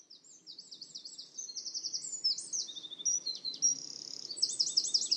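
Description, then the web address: Bird song rising in strength, a rapid string of thin, high chirps and buzzy trills with a few sustained whistled notes, soft hiss behind. "cianscape birddata Deverinetal 2025"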